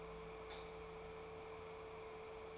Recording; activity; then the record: daily activity, microphone in the room; light off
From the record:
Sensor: 1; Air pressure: 1014.8 hPa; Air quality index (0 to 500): 186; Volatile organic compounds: 19 ppm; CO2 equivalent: 2642 ppm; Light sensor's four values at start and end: 38/101/42/49 and 34/86/36/44